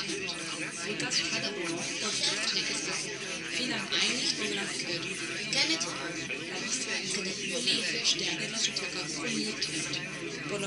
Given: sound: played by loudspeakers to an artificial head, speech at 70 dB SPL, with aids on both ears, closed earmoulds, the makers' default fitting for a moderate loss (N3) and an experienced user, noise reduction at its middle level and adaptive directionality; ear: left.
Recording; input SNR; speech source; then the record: speech test signal (ISTS) in cocktail-party noise; -3 dB; on the right (90 degrees)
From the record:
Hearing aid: class 1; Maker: B